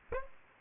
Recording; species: mosquito wingbeat signal from an infrared sensor; Aedes aegypti